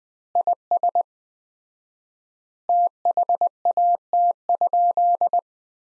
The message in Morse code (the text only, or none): IS THAT?